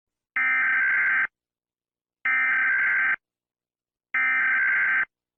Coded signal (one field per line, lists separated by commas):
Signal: Emergency Alert System (SAME) tones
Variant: header bursts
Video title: 10/29/93 EAS